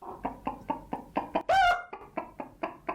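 hen clucking

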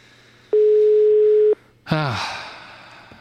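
telephone busy tone

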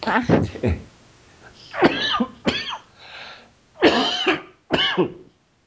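coughing and throat clearing

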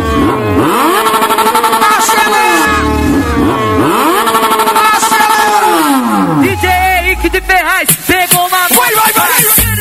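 motorcycle engine revving

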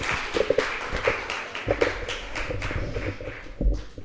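audience applause

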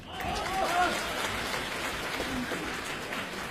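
audience applause

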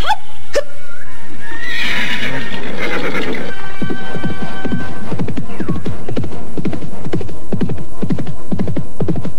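horse neighing

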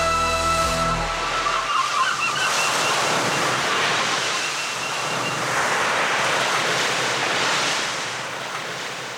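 ocean waves crashing

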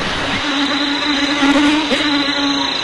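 mosquito buzzing

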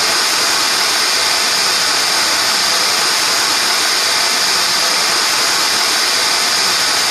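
pink noise test signal

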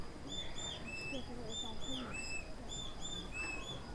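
great tit song

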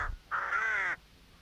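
raven cawing

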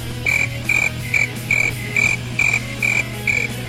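crickets chirping sound effect

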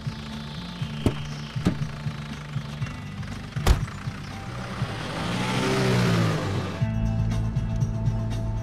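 car engine running

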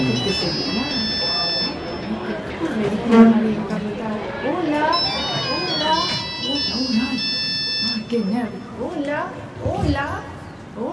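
mobile phone ringing

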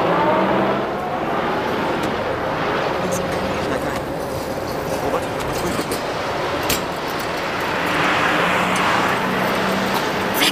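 car driving away

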